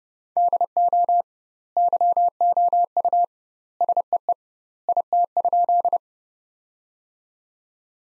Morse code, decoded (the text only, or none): DO YOU SEE IT?